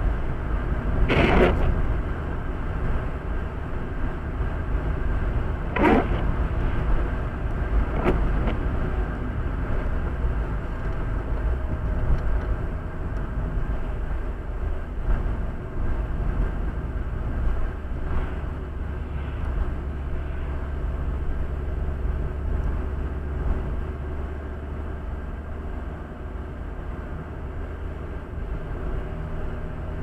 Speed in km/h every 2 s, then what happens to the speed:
71, 71, 71, 71, 67, 62, 59, 55, 54, 52, 52, 54, 56, 58, 61.
0-7 steady at about 71. 7-18 slows to 52. 18-30 speeds up to 61.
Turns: none.